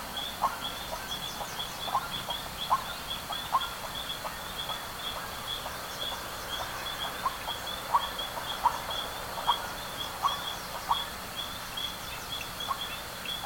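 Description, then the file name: Bird calls: a long sequence of short, fairly quiet chip-like notes at uneven intervals, above a persistent thin drone and faint chirping. "SABIOD 50 bird 2015"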